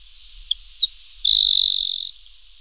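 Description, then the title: Grassland Sparrow singing a few short high notes followed by a long, thin, buzzy trill held for nearly a second, with a steady high hiss behind. "LuckyPassaro Completos2Sama. Grassland Sparrow (Ammodramus humeralis)"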